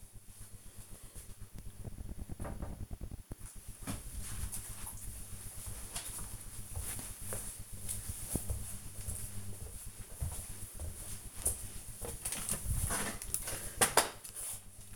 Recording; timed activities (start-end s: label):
household activities, microphone on the right wrist
13.04-14.96 s: vacuum cleaning